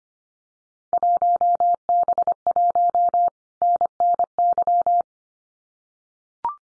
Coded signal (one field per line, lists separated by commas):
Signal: Morse code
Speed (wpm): 25 wpm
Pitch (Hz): 700 Hz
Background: none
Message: 1B1 NNY